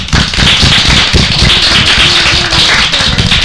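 A group of children applauds, a steady, dense patter of many hands clapping at once that stays loud and even for a few seconds, with no voices rising above it.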